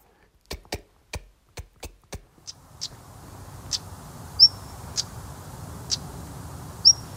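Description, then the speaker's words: Stonechat calls: several sharp tacking clicks at uneven intervals and two thin, high whistles, over faint background hiss. Call sounds like two pebbles clicked together in the palm; given when people pass through territories, usually on cliff paths; warns people away from young; brambles, gorse, bracken, ungrazed slopes; Isle of Man. "Stonechats are named after their call, which sounds like two pebbles being clicked together in the palm of one's hand. This distinctive call is given when you pass through their territories, usually on cliff path walks."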